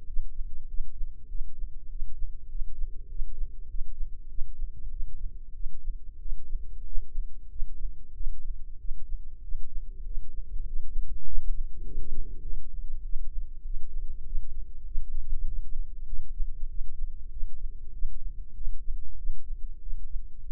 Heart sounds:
heart sounds by microphone in the right ear; 97 bpm
0.04 s: heartbeat
0.66 s: heartbeat
1.27 s: heartbeat
1.87 s: heartbeat
2.47 s: heartbeat
3.07 s: heartbeat
3.66 s: heartbeat
4.27 s: heartbeat
4.88 s: heartbeat
5.52 s: heartbeat
6.18 s: heartbeat
6.83 s: heartbeat
7.48 s: heartbeat
8.13 s: heartbeat
8.77 s: heartbeat
9.40 s: heartbeat
10.03 s: heartbeat
10.64 s: heartbeat
11.24 s: heartbeat
11.83 s: heartbeat
12.42 s: heartbeat
13.01 s: heartbeat
13.62 s: heartbeat
14.23 s: heartbeat
14.83 s: heartbeat
15.44 s: heartbeat
16.05 s: heartbeat
16.67 s: heartbeat
17.29 s: heartbeat
17.90 s: heartbeat
18.53 s: heartbeat
19.15 s: heartbeat
19.79 s: heartbeat
20.43 s: heartbeat
From the record:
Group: healthy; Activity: rest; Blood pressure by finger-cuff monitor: 100/64 mmHg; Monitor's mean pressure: 74 mmHg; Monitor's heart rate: 98 bpm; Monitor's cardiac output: 8.1 L/min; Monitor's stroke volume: 82 mL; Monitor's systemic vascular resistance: 660 dyn s/cm5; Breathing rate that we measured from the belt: 17 breaths a minute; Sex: male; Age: 19 years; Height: 178 cm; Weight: 83 kg

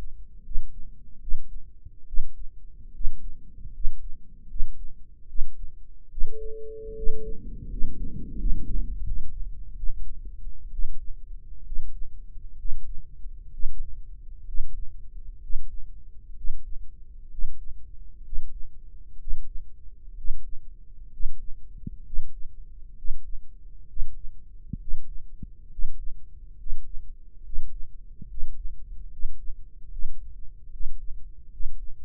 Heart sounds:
heart sounds by microphone in the right ear; 70 bpm
0.43 s: heartbeat
1.20 s: heartbeat
2.06 s: heartbeat
2.93 s: heartbeat
3.72 s: heartbeat
4.48 s: heartbeat
5.27 s: heartbeat
6.09 s: heartbeat
6.95 s: heartbeat
7.69 s: heartbeat
8.37 s: heartbeat
9.04 s: heartbeat
9.75 s: heartbeat
10.71 s: heartbeat
11.64 s: heartbeat
12.57 s: heartbeat
13.51 s: heartbeat
14.46 s: heartbeat
15.41 s: heartbeat
16.35 s: heartbeat
17.30 s: heartbeat
18.23 s: heartbeat
19.18 s: heartbeat
20.15 s: heartbeat
21.11 s: heartbeat
22.04 s: heartbeat
22.95 s: heartbeat
23.87 s: heartbeat
24.79 s: heartbeat
25.70 s: heartbeat
26.57 s: heartbeat
27.43 s: heartbeat
28.28 s: heartbeat
29.10 s: heartbeat
29.90 s: heartbeat
30.71 s: heartbeat
31.51 s: heartbeat
From the record:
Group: healthy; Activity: rest 0-7 s, breath hold 7-32 s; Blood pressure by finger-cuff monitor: 160/103 mmHg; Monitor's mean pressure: 114 mmHg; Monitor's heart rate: 70 bpm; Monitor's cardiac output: 6.3 L/min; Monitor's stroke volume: 92 mL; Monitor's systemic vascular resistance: 1350 dyn s/cm5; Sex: male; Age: 23 years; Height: 179 cm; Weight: 87 kg

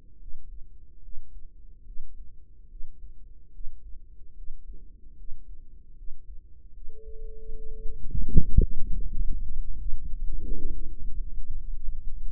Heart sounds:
heart sounds by microphone in the right ear; 78 bpm
0.16 s: heartbeat
0.99 s: heartbeat
1.82 s: heartbeat
2.66 s: heartbeat
3.50 s: heartbeat
4.33 s: heartbeat
5.14 s: heartbeat
5.93 s: heartbeat
6.71 s: heartbeat
7.52 s: heartbeat
8.31 s: heartbeat
9.05 s: heartbeat
9.76 s: heartbeat
10.44 s: heartbeat
11.11 s: heartbeat
11.77 s: heartbeat
From the record:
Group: healthy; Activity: rest 0-9 s, light exercise 9-12 s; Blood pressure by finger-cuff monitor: 111/58 mmHg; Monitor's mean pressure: 72 mmHg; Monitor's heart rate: 72 bpm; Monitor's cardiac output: 5.8 L/min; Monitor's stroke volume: 82 mL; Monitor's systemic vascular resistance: 890 dyn s/cm5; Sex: female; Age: 32 years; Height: 168 cm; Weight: 61.9 kg

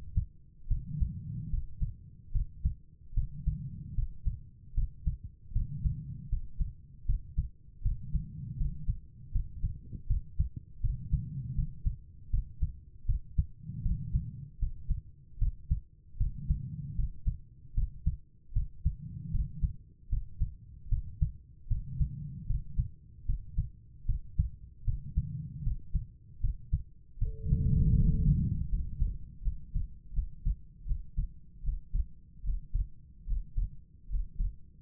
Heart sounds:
heart sounds by stethoscope; 77 bpm
0.67 s: heartbeat
1.49 s: heartbeat
2.31 s: heartbeat
3.14 s: heartbeat
3.94 s: heartbeat
4.74 s: heartbeat
5.52 s: heartbeat
6.29 s: heartbeat
7.05 s: heartbeat
7.82 s: heartbeat
8.57 s: heartbeat
9.31 s: heartbeat
10.07 s: heartbeat
10.80 s: heartbeat
11.54 s: heartbeat
12.30 s: heartbeat
13.05 s: heartbeat
13.82 s: heartbeat
14.58 s: heartbeat
15.38 s: heartbeat
16.17 s: heartbeat
16.95 s: heartbeat
17.74 s: heartbeat
18.52 s: heartbeat
19.30 s: heartbeat
20.09 s: heartbeat
20.88 s: heartbeat
21.67 s: heartbeat
22.46 s: heartbeat
23.25 s: heartbeat
24.05 s: heartbeat
24.84 s: heartbeat
25.62 s: heartbeat
26.40 s: heartbeat
27.18 s: heartbeat
27.95 s: heartbeat
28.69 s: heartbeat
29.41 s: heartbeat
30.12 s: heartbeat
30.85 s: heartbeat
31.62 s: heartbeat
32.43 s: heartbeat
33.26 s: heartbeat
34.08 s: heartbeat
From the record:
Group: healthy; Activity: rest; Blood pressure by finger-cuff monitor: 102/73 mmHg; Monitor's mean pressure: 83 mmHg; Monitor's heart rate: 76 bpm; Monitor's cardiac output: 5.8 L/min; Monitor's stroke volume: 76 mL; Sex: female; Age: 32 years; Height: 172 cm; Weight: 71.7 kg

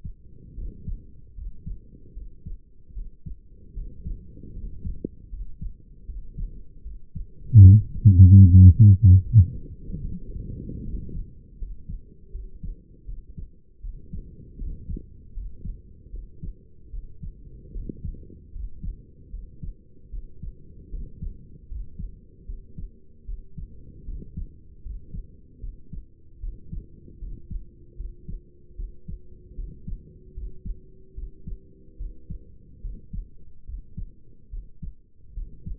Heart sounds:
heart sounds by stethoscope; 76 bpm
0.55 s: heartbeat
1.35 s: heartbeat
2.14 s: heartbeat
2.94 s: heartbeat
3.74 s: heartbeat
4.53 s: heartbeat
5.30 s: heartbeat
6.06 s: heartbeat
6.83 s: heartbeat
7.62 s: heartbeat
8.42 s: heartbeat
9.22 s: heartbeat
10.04 s: heartbeat
10.84 s: heartbeat
11.58 s: heartbeat
12.32 s: heartbeat
13.06 s: heartbeat
13.81 s: heartbeat
14.58 s: heartbeat
15.33 s: heartbeat
16.11 s: heartbeat
16.91 s: heartbeat
17.73 s: heartbeat
18.52 s: heartbeat
19.31 s: heartbeat
20.10 s: heartbeat
20.90 s: heartbeat
21.68 s: heartbeat
22.46 s: heartbeat
23.26 s: heartbeat
24.05 s: heartbeat
24.83 s: heartbeat
25.60 s: heartbeat
26.40 s: heartbeat
27.19 s: heartbeat
27.96 s: heartbeat
28.76 s: heartbeat
29.55 s: heartbeat
30.34 s: heartbeat
31.15 s: heartbeat
31.97 s: heartbeat
32.81 s: heartbeat
33.66 s: heartbeat
34.50 s: heartbeat
35.34 s: heartbeat
From the record:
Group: healthy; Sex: male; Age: 35 years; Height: 180 cm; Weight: 86.9 kg

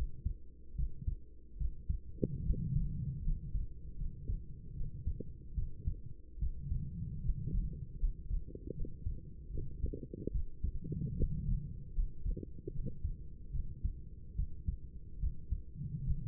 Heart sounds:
heart sounds by stethoscope; 75 bpm
0.75 s: heartbeat
1.57 s: heartbeat
2.42 s: heartbeat
3.22 s: heartbeat
3.96 s: heartbeat
4.73 s: heartbeat
5.54 s: heartbeat
6.38 s: heartbeat
7.21 s: heartbeat
7.97 s: heartbeat
8.73 s: heartbeat
9.50 s: heartbeat
10.31 s: heartbeat
11.15 s: heartbeat
11.93 s: heartbeat
12.70 s: heartbeat
13.51 s: heartbeat
14.35 s: heartbeat
15.19 s: heartbeat
16.02 s: heartbeat
From the record:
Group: healthy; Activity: rest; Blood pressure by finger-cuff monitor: 96/54 mmHg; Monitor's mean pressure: 68 mmHg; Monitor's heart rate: 74 bpm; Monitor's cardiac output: 6.7 L/min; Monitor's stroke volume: 89 mL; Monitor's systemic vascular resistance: 720 dyn s/cm5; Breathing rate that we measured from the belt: 14 breaths a minute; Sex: female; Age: 26 years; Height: 165 cm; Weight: 55 kg

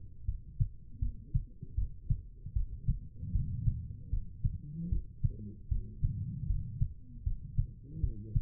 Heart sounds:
heart sounds by stethoscope; 77 bpm
0.25 s: heartbeat
0.99 s: heartbeat
1.75 s: heartbeat
2.53 s: heartbeat
3.32 s: heartbeat
4.09 s: heartbeat
4.88 s: heartbeat
5.68 s: heartbeat
6.46 s: heartbeat
7.23 s: heartbeat
8.00 s: heartbeat
From the record:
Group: healthy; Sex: female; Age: 43 years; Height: 160 cm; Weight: 90 kg

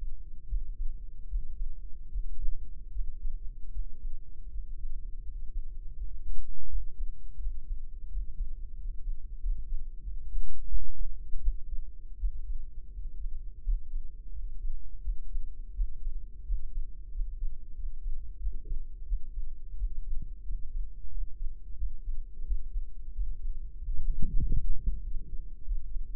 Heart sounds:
heart sounds by microphone in the right ear; 86 bpm
0.46 s: heartbeat
1.27 s: heartbeat
2.09 s: heartbeat
2.90 s: heartbeat
3.70 s: heartbeat
4.49 s: heartbeat
5.23 s: heartbeat
5.95 s: heartbeat
6.67 s: heartbeat
7.38 s: heartbeat
8.08 s: heartbeat
8.75 s: heartbeat
9.38 s: heartbeat
10.01 s: heartbeat
10.67 s: heartbeat
11.39 s: heartbeat
12.17 s: heartbeat
12.92 s: heartbeat
13.62 s: heartbeat
14.31 s: heartbeat
15.01 s: heartbeat
15.73 s: heartbeat
16.43 s: heartbeat
17.10 s: heartbeat
17.74 s: heartbeat
18.38 s: heartbeat
19.05 s: heartbeat
19.75 s: heartbeat
20.43 s: heartbeat
21.08 s: heartbeat
21.75 s: heartbeat
22.44 s: heartbeat
23.12 s: heartbeat
23.76 s: heartbeat
24.39 s: heartbeat
25.01 s: heartbeat
25.63 s: heartbeat
From the record:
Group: healthy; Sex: male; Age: 21 years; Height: 180 cm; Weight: 67.5 kg

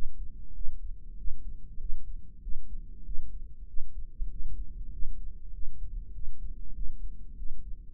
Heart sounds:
heart sounds by microphone in the right ear; 97 bpm
0.56 s: heartbeat
1.19 s: heartbeat
1.81 s: heartbeat
2.43 s: heartbeat
3.06 s: heartbeat
3.69 s: heartbeat
4.32 s: heartbeat
4.93 s: heartbeat
5.54 s: heartbeat
6.15 s: heartbeat
6.76 s: heartbeat
7.38 s: heartbeat
From the record:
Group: healthy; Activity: rest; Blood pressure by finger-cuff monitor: 144/72 mmHg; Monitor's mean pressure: 92 mmHg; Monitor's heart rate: 97 bpm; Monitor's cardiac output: 8.8 L/min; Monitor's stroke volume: 91 mL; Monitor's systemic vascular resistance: 770 dyn s/cm5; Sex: male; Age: 21 years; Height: 175 cm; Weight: 72.6 kg

